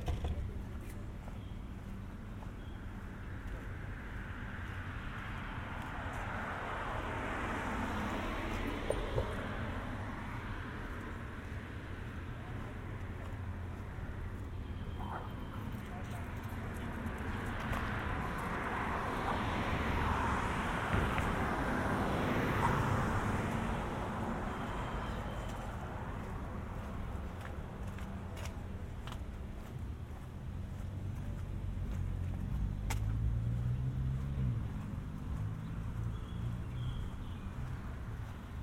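A walk home from the mall through suburban streets, with steady traffic rumble and cars sweeping past around 8, 20 and 23 seconds.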